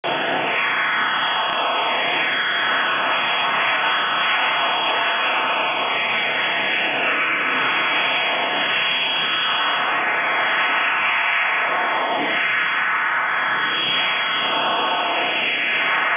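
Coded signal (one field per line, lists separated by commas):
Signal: HF data modem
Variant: CIS-12 12-tone PSK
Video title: 11084 KHz USB - Russian CIS-12 modem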